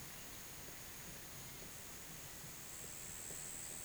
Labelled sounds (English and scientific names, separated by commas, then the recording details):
none
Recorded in pastures near Puerto Asís, Putumayo, Colombia, on 30 June 2025 at 14:30
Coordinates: 0.486, -76.323
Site H29